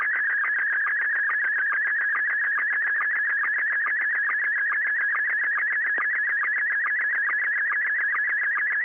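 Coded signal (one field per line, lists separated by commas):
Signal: SSTV (slow-scan television)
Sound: steady warbling tone around 2 kHz, with a regular rhythmic ticking of lower sync pulses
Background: radio static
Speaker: an example of the sort of thing I heave around um on the Sundays and on practice nights when I go bell ringing how did it come over with with you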